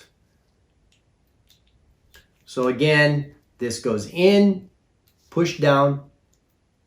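An implant drill bit is being handled at the latch of a handpiece, inserted and pushed down while someone talks. A few faint ticks come before the speech. Nothing has seated or clicked yet.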